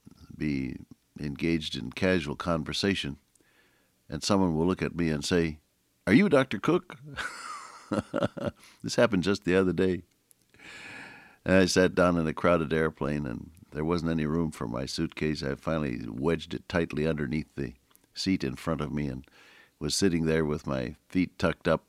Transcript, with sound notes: be engaged in casual conversation and someone will look at me and say, “Are you Dr. Cook?” [chuckle] This happened just the other day. And I sat down in a crowded airplane and there wasn’t any room for my suitcase, I have finally wedged it tightly underneath the seat in front of me and was sitting there with my feet tucked up,